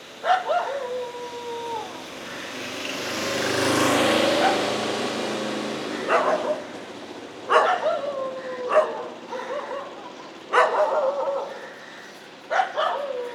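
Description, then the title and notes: Dog yelping and barking in short bursts with falling tones, with a vehicle passing early on. Several dogs, a morning dog chorus on Mission Street, MG Road Area, Puducherry, India. "Mission St, MG Road Area, Puducherry, 605001, Inde - Concert de chiens. Ambiance matinale sur Mission Street - Concert de chiens."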